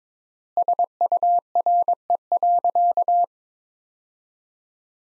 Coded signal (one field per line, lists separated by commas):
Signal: Morse code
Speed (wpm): 22 wpm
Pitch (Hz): 700 Hz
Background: none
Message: SURE.